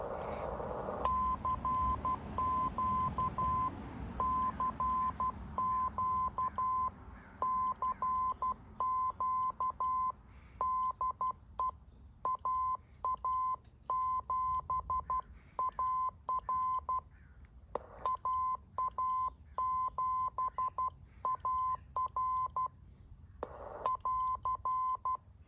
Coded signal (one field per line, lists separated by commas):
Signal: Morse code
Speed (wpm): 12 wpm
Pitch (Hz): 1030 Hz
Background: none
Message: CQ CQ CQ DE AA7AR AA7AR <AR>